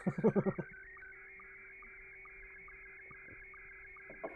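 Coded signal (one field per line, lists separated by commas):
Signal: SSTV (slow-scan television)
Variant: Scottie 1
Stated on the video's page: Signals received on VHF from the International Space Station and on shortwave bands.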